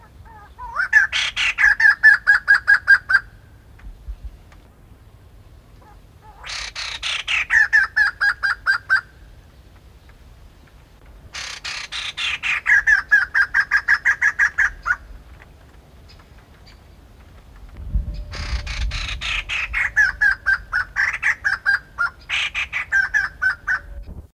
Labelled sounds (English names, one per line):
White-crested Laughingthrush